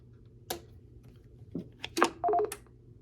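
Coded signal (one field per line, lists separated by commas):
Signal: roger beep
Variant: Stryker roger beep 7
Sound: several clicks, then a quick quarter-second warble alternating high and low tones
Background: mains hum, handling clicks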